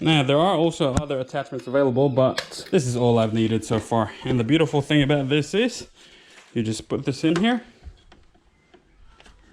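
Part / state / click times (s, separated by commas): attachment or accessory into stick vacuum cleaner mount / seated / 9.2 s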